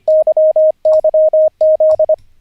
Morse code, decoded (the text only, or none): YYZ